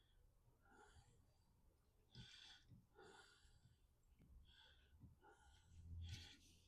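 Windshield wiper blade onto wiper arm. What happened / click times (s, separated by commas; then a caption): The wiper blade is slid along the arm without seating yet / none. A Rain-X windshield wiper blade for a Lincoln Nautilus is lined up and slid along the wiper arm hook, giving a series of short, breathy scraping and rubbing bursts, with a sharper rise near 2.2 seconds and a louder stretch around 6 seconds. The blade is not yet pushed home, and nothing has seated or clicked yet.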